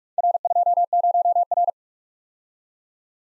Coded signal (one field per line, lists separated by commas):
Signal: Morse code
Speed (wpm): 47 wpm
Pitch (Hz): 700 Hz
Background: none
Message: R20R